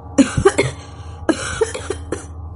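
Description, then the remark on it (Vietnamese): A young man coughs dryly and harshly after being let go and falling to the ground, rubbing his neck: two bursts of several quick coughs each, with a brief pause between, loud and raspy with no speech. “Cậu hít sâu vài hơi, xoa cổ, ho khan không ngừng.”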